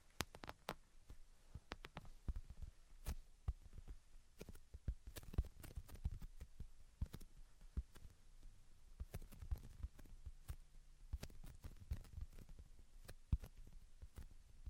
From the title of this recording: Tapping, Scratching, and Tracing Sounds